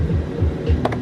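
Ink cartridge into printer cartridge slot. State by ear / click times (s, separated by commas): not seated / none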